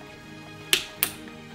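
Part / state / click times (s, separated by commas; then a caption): socket load plate screw on CPU socket / torque reached / 0.7 s, 1.0 s. A torque screwdriver tightens the next load plate screw on the CPU socket of a Threadripper 3970X PC build. Two sharp clicks sound at 0.7 s and 1.0 s over a steady, faint background tone. The screwdriver clicks, showing the screw has reached its set torque.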